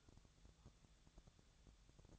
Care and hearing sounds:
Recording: daily activity, microphone in the room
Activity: take from stove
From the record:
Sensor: 3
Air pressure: 999.3 hPa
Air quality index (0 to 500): 198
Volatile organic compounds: 45 ppm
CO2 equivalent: 3230 ppm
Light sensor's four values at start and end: 7/17/7/6 and 7/17/7/6

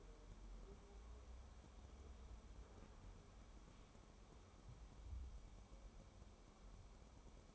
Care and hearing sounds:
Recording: daily activity, microphone in the room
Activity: wipe stove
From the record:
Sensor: 1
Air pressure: 1015.1 hPa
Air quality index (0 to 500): 39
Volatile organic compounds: 1 ppm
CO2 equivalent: 584 ppm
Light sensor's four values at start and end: 13/32/13/14 and 13/32/13/14

